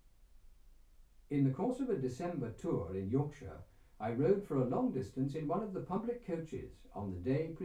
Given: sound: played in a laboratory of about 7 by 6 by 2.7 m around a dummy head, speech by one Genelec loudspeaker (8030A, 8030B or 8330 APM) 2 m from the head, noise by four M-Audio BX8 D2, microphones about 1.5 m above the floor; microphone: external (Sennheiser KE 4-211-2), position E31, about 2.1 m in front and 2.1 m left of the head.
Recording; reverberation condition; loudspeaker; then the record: male speech in English; low; in front (0 degrees)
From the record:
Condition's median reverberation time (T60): about 310 ms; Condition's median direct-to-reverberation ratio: about 3.5 dB